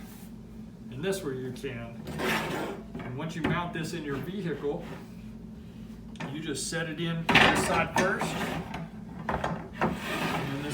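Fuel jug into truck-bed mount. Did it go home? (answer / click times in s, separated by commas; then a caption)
yes / 9.8 s. A plastic Risk Racing EZ 5-gallon fuel jug is set into its plastic truck-bed mount front side first, with rubbing and scraping handling sounds while someone talks. The back side is then pushed down, and the jug snaps into the mount with a short sharp click at 9.8 s, seating it.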